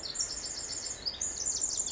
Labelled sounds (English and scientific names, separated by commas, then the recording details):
Bewick's Wren (Thryomanes bewickii)
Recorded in Sonoma County, California